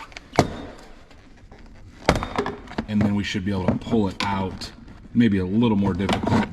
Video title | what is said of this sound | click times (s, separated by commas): NBS Sierra Silverado Factory Power Window, Power Lock, Power Mirror Swap How to Part 1 | pop these up there's just little clips underneath them | 0.4 s, 2.1 s